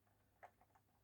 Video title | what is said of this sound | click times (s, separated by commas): A not so mysterious box of Mystery | okay it looks like they just have a ah there you go they snap on | 0.4 s